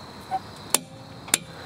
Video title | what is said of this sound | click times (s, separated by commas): How to Change a Tire (plus jacking it up) | we're going to wait for a click when we hear it click. We're done | 0.8 s, 1.3 s